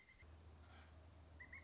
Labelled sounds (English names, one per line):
Pileated Woodpecker